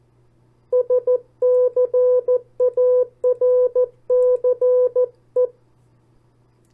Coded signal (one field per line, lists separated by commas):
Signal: Morse code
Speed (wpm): 14 wpm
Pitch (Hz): 500 Hz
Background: none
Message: SCARCE